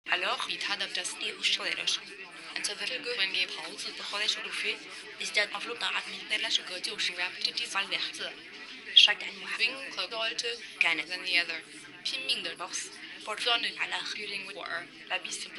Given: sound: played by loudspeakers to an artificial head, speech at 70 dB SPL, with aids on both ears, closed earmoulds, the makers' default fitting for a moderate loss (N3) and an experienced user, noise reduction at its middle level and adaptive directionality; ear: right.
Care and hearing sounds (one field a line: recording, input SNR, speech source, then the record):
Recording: speech test signal (ISTS) in cocktail-party noise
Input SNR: 0 dB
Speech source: in front (0 degrees)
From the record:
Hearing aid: class 2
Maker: B